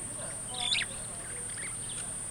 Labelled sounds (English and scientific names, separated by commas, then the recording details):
Superb Starling (Lamprotornis superbus) flight call
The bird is a male
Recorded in Kenya on 26 June 2010
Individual 46, of group MRC1